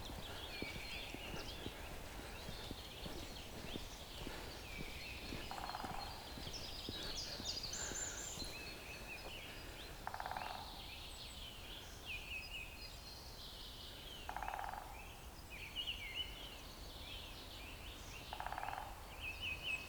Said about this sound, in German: ein Specht.